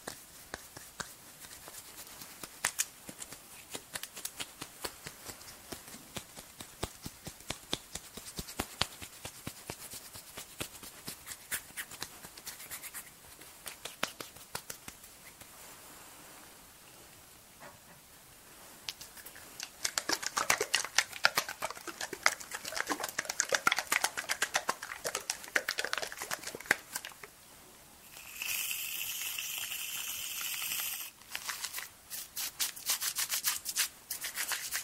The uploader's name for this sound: Cleansing, Face Touching, Body Mousse